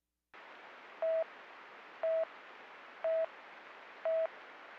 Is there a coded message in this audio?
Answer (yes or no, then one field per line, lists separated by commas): no